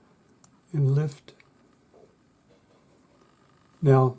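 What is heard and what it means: A hinged ring's clasp is released from its catch by pushing on the side of the ring, then the ring is lifted off. A short, sharp click is heard at 0.4 s as the clasp springs open, followed by soft handling noises while someone talks.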